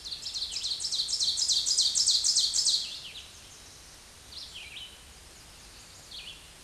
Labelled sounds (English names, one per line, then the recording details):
Ovenbird song
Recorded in a Pennsylvania forest on 16 May 2024 at 07:54
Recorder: AudioMoth, point MSD-0475
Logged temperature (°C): 12.3 °C
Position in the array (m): 145 m, -8 m